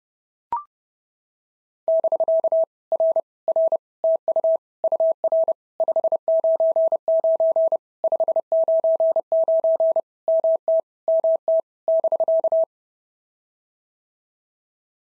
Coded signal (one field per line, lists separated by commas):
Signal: Morse code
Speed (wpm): 27 wpm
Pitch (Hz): 650 Hz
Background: none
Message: <BK> R R TU UR 599 599 MT MT <BK>